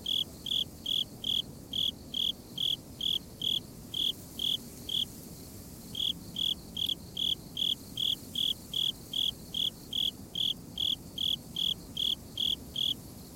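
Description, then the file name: Japanese burrowing cricket chirping steadily, bright short pulses repeated about two to three times a second, with one brief break before continuing. "tuduresasekoorogi"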